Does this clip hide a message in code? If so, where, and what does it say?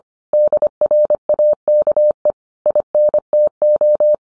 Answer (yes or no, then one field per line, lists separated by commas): yes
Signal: Morse code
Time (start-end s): 0.3-4.1 s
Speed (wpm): 25 wpm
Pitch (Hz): 600 Hz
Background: none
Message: DRAKE INTO